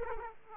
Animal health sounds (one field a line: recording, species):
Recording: mosquito wingbeat signal from an infrared sensor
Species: Aedes aegypti